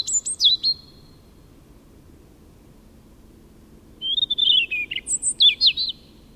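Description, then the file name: European robin: a brief, high, wavering note, about three seconds of quiet, then a fluting, trilled phrase of rising and falling whistles. "Erithacus rubecula"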